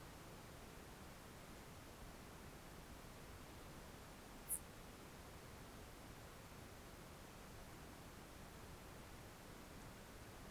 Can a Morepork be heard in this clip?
no